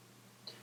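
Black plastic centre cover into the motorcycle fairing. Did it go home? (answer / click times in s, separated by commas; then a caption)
yes / 0.5 s. The right-hand black plastic centre cover of a Pacific Coast motorcycle's fairing is pressed in, going in before the left one, during an air filter change. Its lower edge locks into place so the covers hold each other down. Over a steady low hum, a single sharp click is heard at 0.5 s as the cover pops into place and seats.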